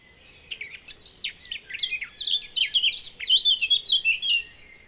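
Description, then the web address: Eurasian blackcap warbling: a rapid jumble of sharp chirps and slurred high notes delivered in a steady, energetic stream for several seconds. "SETE Sylvia atricapilla"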